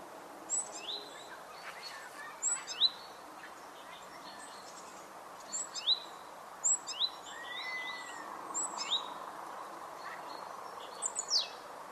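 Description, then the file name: Great tit giving scattered high, thin downslurred notes and short buzzy phrases at irregular intervals, with a faint lower whistled note midway and steady background noise. "Parus major"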